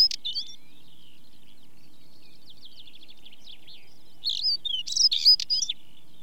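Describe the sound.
Stonechat giving a scratchy, jumbled high phrase near the end, preceded by faint steady trilling and chirping from other birds.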